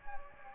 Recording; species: mosquito wingbeat signal from an infrared sensor; Anopheles gambiae